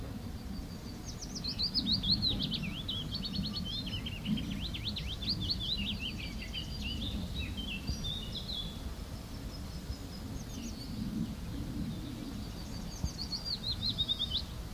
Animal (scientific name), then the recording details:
Phylloscopus trochilus. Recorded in the wild. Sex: male. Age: adult. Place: Brackenheim, OT Stockheim, Baden-Württemberg, DE. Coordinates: 49.0883, 9.00917. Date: 1969-06-23 16:00. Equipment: Nagra III PH, MD 211, PES 26. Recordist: Jeserich, E. and Schneider, H.-J